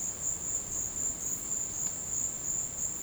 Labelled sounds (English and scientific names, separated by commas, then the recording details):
none
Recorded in dense forest near Puerto Asís, Putumayo, Colombia, on 4 March 2025 at 14:30
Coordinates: 0.500, -76.322
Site GP06